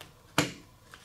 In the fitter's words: there it snapped in